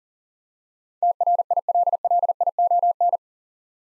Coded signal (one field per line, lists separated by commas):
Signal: Morse code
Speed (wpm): 40 wpm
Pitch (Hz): 700 Hz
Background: none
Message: TRILLION